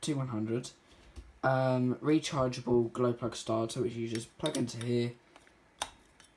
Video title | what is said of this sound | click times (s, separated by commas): My Tamiya TNX 5.2R Petrol rc car | locks into place, warms glow plug up, and you can start it. | 5.8 s